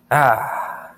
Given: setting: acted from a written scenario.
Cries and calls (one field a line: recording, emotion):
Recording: vocal sound without words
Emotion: pride